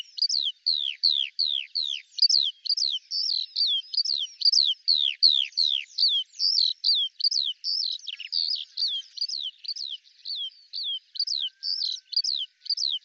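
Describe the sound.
Eurasian skylark song made of quick high downslurred chirps, two or three each second, in a steady, slightly varied stream.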